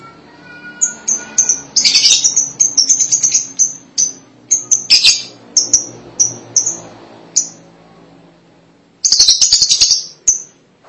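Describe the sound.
Lovebird calls, a string of short, sharp high squeaks, then a pause and a noisy chattering burst near the end.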